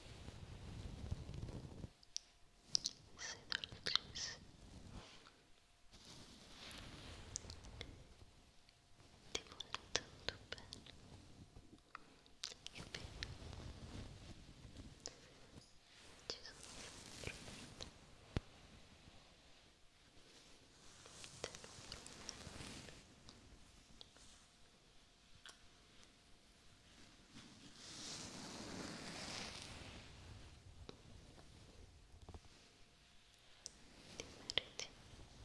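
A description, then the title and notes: A head and scalp massage: rubbing and rustling come in irregular swells and short bursts, some soft and rounded, others crisp and scratchy, with brief near-silent pauses between. A faint steady tone hums underneath for most of the clip. ASMR Pure Relaxation Head and Scalp Massage.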